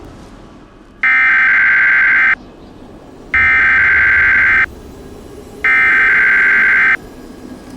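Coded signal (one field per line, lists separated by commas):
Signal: Emergency Alert System (SAME) tones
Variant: header bursts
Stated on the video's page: Fictional EAS scenario, not a real alert.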